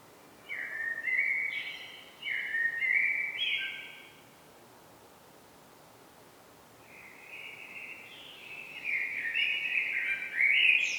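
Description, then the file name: Common blackbird song in two bursts, each a run of mellow whistled notes, the later one ending in a rising high squeak. "Turdus merula"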